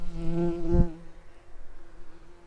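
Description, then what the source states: Common carder bee buzzing, a steady harmonic hum for about a second with a soft thump near its end, then fading to a faint low drone. Worker bumblebees.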